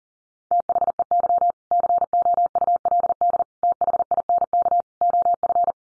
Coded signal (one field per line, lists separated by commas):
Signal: Morse code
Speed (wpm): 40 wpm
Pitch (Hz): 700 Hz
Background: none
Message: THEY COULD THINK OF